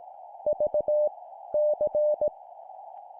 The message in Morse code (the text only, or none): V C